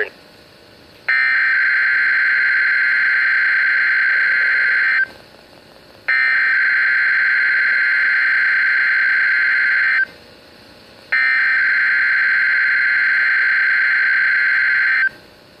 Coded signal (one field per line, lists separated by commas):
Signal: Emergency Alert System (SAME) tones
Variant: header bursts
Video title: EAS #56 - Required Weekly Test